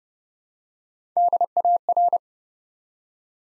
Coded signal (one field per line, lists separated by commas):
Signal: Morse code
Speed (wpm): 30 wpm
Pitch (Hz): 700 Hz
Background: none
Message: DAR